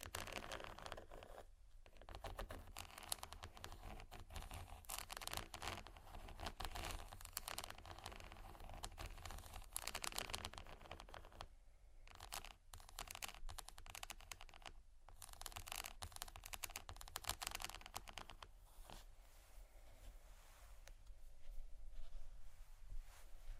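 Plastic is tapped, scratched and softly crinkled in a dense, almost continuous run of tiny clicks and rustles. Brief pauses break the texture around 2, 12, 15 and 21 seconds. A low steady rumble sits underneath throughout.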